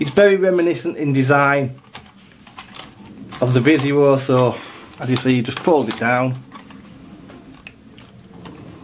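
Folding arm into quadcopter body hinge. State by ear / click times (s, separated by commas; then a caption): seated / 7.7 s, 8.0 s. A plastic folding arm on a Littleice SG900-S RC foldable quadcopter is folded down and swung back out at its hinge on the body while someone talks. Small plastic knocks follow, then sharp clicks at 7.7 s and 8.0 s as the arm locks into place by small interference detents. It needs no switches or buttons.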